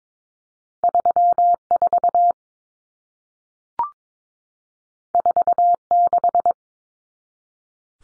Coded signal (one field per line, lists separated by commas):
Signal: Morse code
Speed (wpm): 22 wpm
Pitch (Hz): 700 Hz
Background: none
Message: 34 46